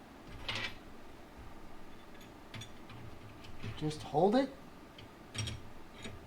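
A threaded metal rivet nut, already on the mandrel of a Sherex RNHT hand setting tool, is held in place in its hole in sheet material before the tool is turned clockwise to set it, on a fifth attempt after the first one stripped out. Someone talks while only light ticks and handling sounds are heard, including brief taps near 0.5, 2.5 and 5.0 seconds. Nothing has been set or clicked into place yet.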